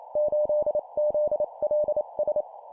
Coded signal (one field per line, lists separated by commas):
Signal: Morse code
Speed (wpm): 28 wpm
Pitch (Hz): 600 Hz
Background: none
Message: 8ZLS